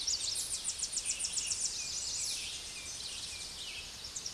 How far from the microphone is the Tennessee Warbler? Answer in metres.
about 40 m